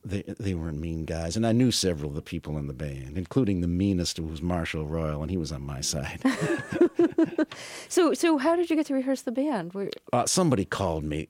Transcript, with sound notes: They weren't mean guys. And I knew several of the people in the band, including the meanest, Marshal Royal. And he was on my side.
(LAUGHTER)
So how did you get to rehearse the band?
Somebody called me.